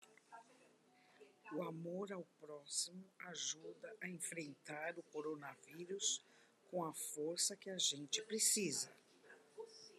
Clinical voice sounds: spoken sentence; Brazilian Portuguese; female; 60 to 69 years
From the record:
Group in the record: control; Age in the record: 62 years

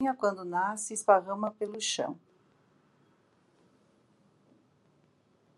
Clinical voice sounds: short text; Brazilian Portuguese; female; 60 to 69 years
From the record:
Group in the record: control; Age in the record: 65 years

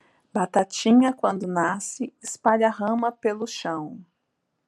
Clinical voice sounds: short text; Brazilian Portuguese; female; 30 to 39 years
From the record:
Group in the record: control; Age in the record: 36 years

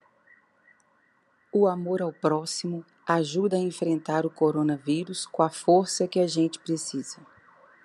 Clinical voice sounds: spoken sentence; Brazilian Portuguese; female; 50 to 59 years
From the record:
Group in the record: control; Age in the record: 51 years

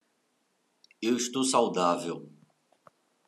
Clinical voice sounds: spoken sentence; Brazilian Portuguese; male; 40 to 49 years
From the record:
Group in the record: control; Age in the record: 44 years

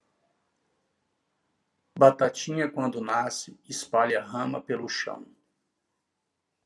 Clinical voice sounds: short text; Brazilian Portuguese; male; 60 to 69 years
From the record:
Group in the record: control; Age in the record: 62 years

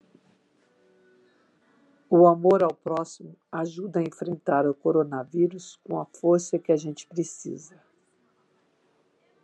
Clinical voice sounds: spoken sentence; Brazilian Portuguese; female; 60 to 69 years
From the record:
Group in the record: control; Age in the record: 60 years

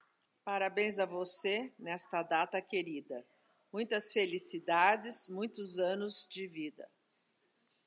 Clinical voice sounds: short text; Brazilian Portuguese; female; 60 to 69 years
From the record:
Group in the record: control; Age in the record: 68 years

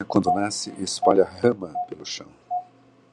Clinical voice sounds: short text; Brazilian Portuguese; male; 60 to 69 years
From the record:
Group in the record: control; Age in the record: 65 years

